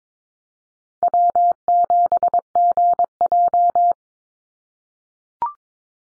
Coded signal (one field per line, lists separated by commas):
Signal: Morse code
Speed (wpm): 22 wpm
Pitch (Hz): 700 Hz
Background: none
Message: W7GJ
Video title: NA SOTA Chaser Callsigns 22wpm